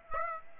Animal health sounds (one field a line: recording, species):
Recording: mosquito wingbeat signal from an infrared sensor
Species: Aedes aegypti